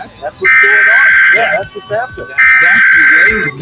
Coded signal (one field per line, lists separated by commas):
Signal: Emergency Alert System (SAME) tones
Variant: header bursts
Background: speech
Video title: EAS- Utah Required Monthly Test (RMT) On KDOJ-FM, And KNRS-AM